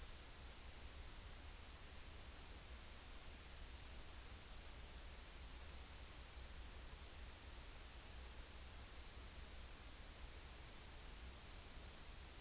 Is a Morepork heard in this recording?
no